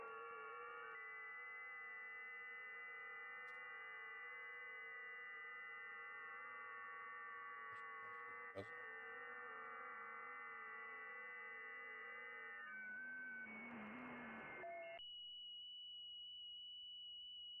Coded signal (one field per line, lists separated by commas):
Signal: FT8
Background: speech